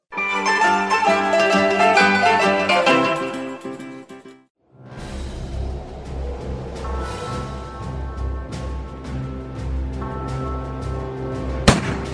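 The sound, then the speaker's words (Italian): Orchestral music plays, pauses, then resumes with a low rumbling swell before a single sharp, loud musket gunshot, fired from above by fascist holdouts, cracks out near the end, with the music continuing beneath it. “Cos'è stato questo sparo? Sembrava un moschetto.”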